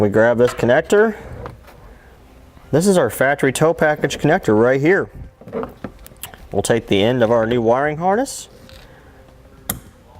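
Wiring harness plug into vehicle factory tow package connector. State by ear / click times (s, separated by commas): seated / 9.7 s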